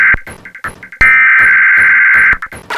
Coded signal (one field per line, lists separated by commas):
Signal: Emergency Alert System (SAME) tones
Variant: header bursts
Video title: (TCPMV) Emergency Alert System Required Monthly Test Scan V3